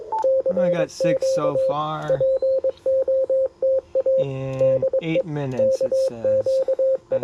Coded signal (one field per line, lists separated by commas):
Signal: Morse code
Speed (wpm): 22 wpm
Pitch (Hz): 530 Hz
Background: speech, radio noise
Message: CQ POTA DE KQE